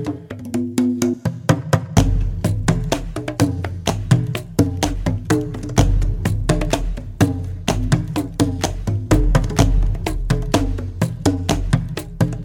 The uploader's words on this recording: Drum Music for Shamanic Trance, Meditation, and Relaxation (instrumental background). A laid-back tribal all percussion piece with overtones of polynesian music.